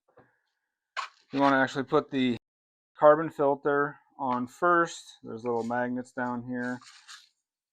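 An activated carbon filter is being handled for the two-stage filter box inside a Bambu Lab X1C 3D printer, about to go onto small magnets at the base of the box. Someone talks throughout, with no distinct click or impact heard. Nothing has seated or clicked into place yet.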